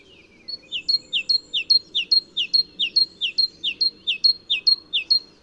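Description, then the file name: Great tit delivering a long unbroken series of about a dozen two-note phrases, high and falling, at an even quick pace over a low hum. "Parus major"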